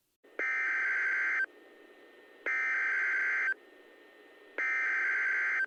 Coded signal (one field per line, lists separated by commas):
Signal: Emergency Alert System (SAME) tones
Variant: header bursts